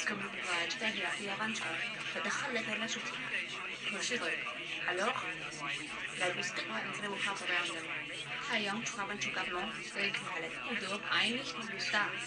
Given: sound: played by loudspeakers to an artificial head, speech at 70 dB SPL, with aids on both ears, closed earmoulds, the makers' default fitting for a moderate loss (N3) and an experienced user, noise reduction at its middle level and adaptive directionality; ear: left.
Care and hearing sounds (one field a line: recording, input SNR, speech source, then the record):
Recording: speech test signal (ISTS) in cocktail-party noise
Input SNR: +3 dB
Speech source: on the right (90 degrees)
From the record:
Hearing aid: class 2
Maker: G